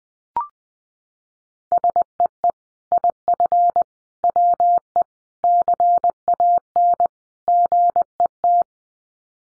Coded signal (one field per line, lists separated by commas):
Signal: Morse code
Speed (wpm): 19 wpm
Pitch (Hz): 700 Hz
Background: none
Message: SEE IF WE CAN GET